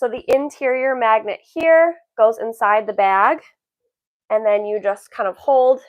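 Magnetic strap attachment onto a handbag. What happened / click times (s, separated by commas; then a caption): The magnetic strap piece is being positioned but has not clicked together yet / none. A magnetic cross-body strap attachment is fitted onto a handbag: the interior magnet goes inside the bag and the outer magnetic piece is held against it. Someone talks throughout, with a brief quiet pause around 3.5 to 4.3 seconds. The clip ends before the two magnets snap together; nothing has seated or clicked yet.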